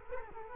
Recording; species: mosquito wingbeat signal from an infrared sensor; Culex quinquefasciatus